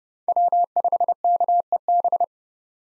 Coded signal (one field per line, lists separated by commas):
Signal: Morse code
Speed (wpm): 30 wpm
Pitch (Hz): 700 Hz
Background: none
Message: W5KEB